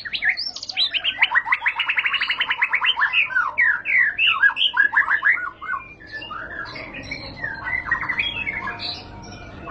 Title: Pancingan Murai Batu Berkelas Banyak Di Cari Buat Masteran